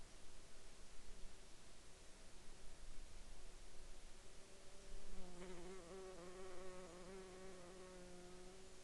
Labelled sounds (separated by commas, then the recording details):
insects
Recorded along the Dempster Highway, Canada, on 19 July 2020 at 12:05
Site 16